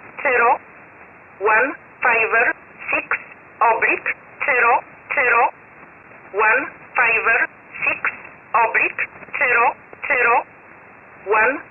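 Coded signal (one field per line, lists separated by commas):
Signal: numbers station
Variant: E11 Oblique, English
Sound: a voice reading about 13 short words at an even, steady pace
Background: radio static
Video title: 01 06 2021 Number station E11 Oblique in English to Eu 0845 on 12153 unknown tx site in USB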